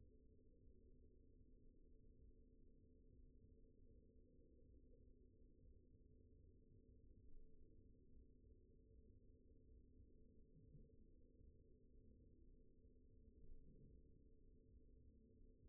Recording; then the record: forearm muscle sounds (acoustic myography)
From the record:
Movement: pen grasping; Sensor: system 2, bracelet of six BSWA MPA416 microphones around the upper forearm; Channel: 6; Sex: male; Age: 22 years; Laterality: right